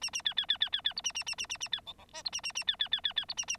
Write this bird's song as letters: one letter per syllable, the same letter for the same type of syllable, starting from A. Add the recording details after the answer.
A A B B B B B B C A A A A A A B D D E C A A A B B B B B C A A. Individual Bird9